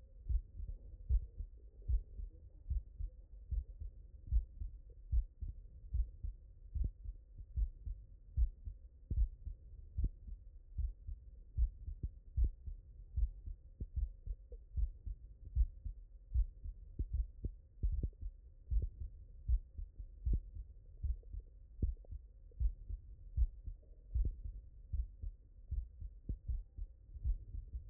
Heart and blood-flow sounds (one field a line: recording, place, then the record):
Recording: heart sounds by stethoscope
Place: mitral valve (MV)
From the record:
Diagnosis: non-HFrEF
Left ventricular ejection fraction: 42%